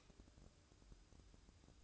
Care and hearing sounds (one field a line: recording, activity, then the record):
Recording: daily activity, microphone in the room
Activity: light off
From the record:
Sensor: 2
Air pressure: 1007.7 hPa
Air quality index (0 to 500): 88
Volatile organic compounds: 1 ppm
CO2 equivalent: 674 ppm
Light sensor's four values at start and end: 12/34/13/13 and 7/17/7/7